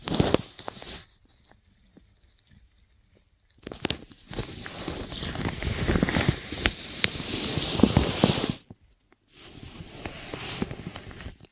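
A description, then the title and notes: Inner ear cleaning sounds come in bursts of dense crackling, rustling and scratching, with sharp clicks and pops scattered through. Loud stretches run from the start to about one second, from about four to eight and a half seconds, and again near the end, separated by near silence. ASMR INNER EAR CLEANING STRESS RELIEF.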